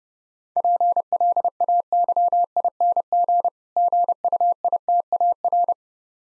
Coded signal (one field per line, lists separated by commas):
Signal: Morse code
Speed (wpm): 31 wpm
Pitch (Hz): 700 Hz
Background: none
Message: PLAYING GUITAR